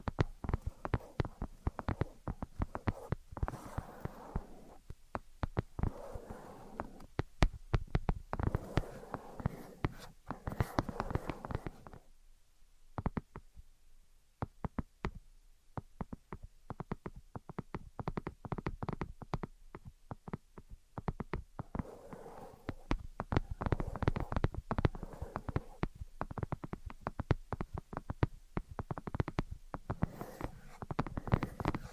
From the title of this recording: Invisible Tapping and Scratching